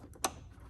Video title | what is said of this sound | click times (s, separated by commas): Tesla Model 3 Power Frunk Installation! FULL Tutorial | then push in until you hear the click | 0.2 s